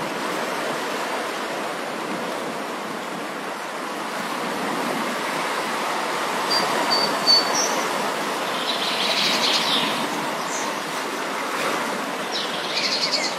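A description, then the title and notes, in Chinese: Steady, dense wash of waves at the seashore in early morning, with faint high bird calls appearing after about six seconds. 清晨的海边，海浪声。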